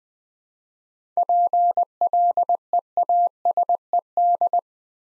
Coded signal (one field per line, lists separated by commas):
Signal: Morse code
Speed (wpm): 20 wpm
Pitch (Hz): 700 Hz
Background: none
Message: PLEASED